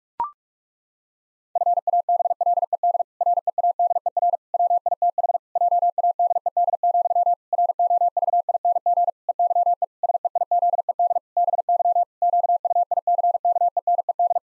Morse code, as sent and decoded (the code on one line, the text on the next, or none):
..-. .- -... .-.. . -.. / .-. . .- -.. . .-. / .-- .. - .... / .--- .- -.. . -.. --..-- / .-. --- ...- .. -. --. / . -.-- . / ... . .. --.. . -.. / -... -.-- / --.- ..- .. -.-. -.- . -. . -..
FABLED READER WITH JADED, ROVING EYE SEIZED BY QUICKENED